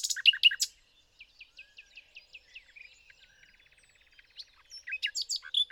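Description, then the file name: Common nightingale phrases: a loud burst of notes, then soft evenly spaced clicks and a faint rattle, ending with sharp loud notes. "Luscinia megarhynchos"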